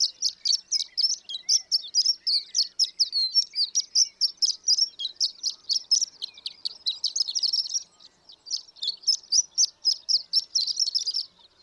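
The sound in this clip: Horned lark singing a dense, high, sputtering twitter of rapid notes, with a short gap before the final stretch.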